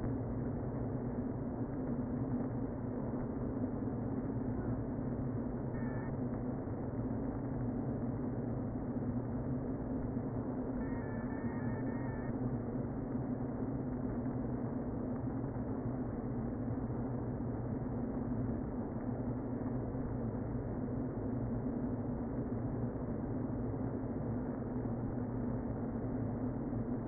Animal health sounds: honeybee colony, microphone inside the hive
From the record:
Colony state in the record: queen present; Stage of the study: before two queens were removed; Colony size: about 60,000 bees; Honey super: yes

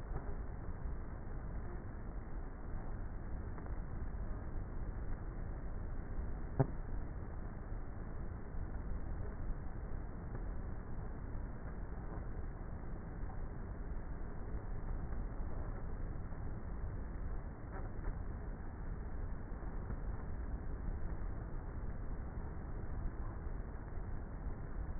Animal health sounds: honeybee colony, microphone inside the hive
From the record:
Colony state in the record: queenless with a low population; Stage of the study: before two queens were removed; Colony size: about 30,000 bees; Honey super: no

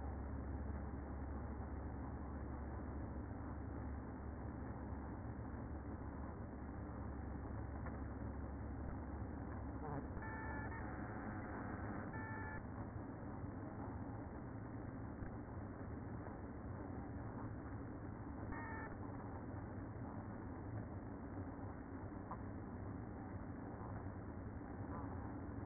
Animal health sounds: honeybee colony, microphone inside the hive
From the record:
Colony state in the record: queen present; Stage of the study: after two queens were removed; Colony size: about 60,000 bees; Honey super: yes

